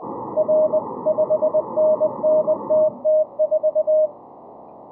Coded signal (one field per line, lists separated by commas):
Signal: Morse code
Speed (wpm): 20 wpm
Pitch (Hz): 620 Hz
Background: none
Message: R 5NNTT4